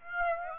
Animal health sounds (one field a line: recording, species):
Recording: mosquito wingbeat signal from an infrared sensor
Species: Aedes aegypti